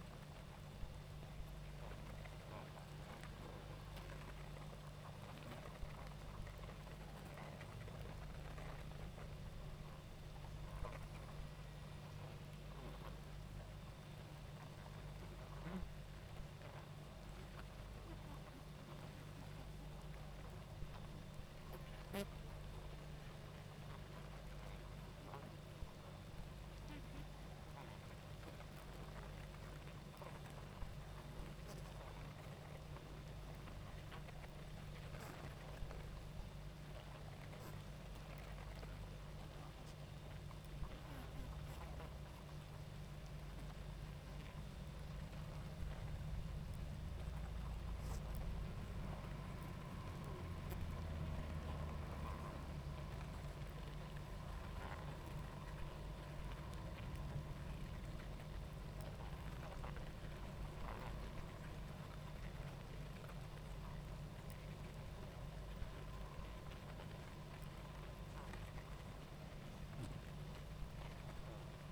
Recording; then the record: honeybee colony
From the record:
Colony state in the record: active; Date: 28 July 2017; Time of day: 19:24